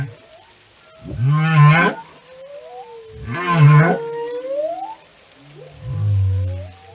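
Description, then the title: Whale song: two loud groaning units with rich harmonics, the second followed by a long rising tonal sweep, then a low moan at the end. Whale songs and communication. "Whale Behavior"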